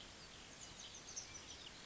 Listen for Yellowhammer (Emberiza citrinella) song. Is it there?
no